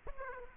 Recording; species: mosquito wingbeat signal from an infrared sensor; Aedes aegypti